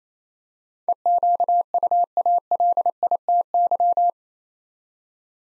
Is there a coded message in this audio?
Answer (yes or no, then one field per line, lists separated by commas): yes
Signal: Morse code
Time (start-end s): 0.9-4.1 s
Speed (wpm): 27 wpm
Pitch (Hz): 700 Hz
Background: none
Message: EQUALITY